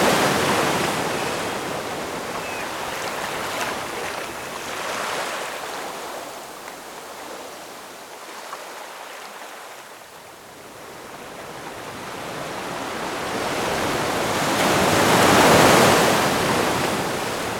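Ocean waves hiss and roar in a steady wash, easing into a lull near ten seconds before swelling loudest around fifteen.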